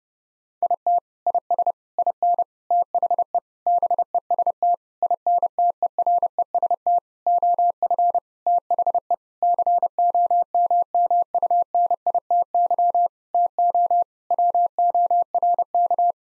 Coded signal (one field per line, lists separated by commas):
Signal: Morse code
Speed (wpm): 30 wpm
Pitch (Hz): 700 Hz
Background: none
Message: IT IS IN THE BEST INTEREST OF THE COMMUNITY TO WORK